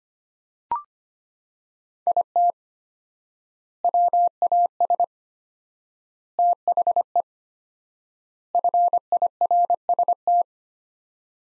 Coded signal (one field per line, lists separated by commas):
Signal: Morse code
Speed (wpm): 25 wpm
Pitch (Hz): 700 Hz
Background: none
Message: IT WAS THE FIRST